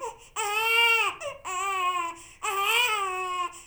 Baby Cry.